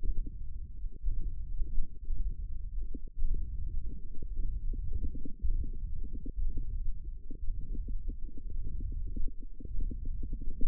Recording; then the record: forearm muscle sounds (acoustic myography)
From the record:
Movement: hand opening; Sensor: system 1, eight BSWA MPA416 microphones around the upper forearm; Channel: 8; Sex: female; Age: 22 years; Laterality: right